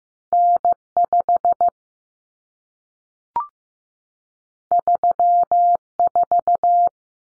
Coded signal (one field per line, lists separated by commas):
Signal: Morse code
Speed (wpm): 15 wpm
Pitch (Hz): 700 Hz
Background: none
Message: N5 34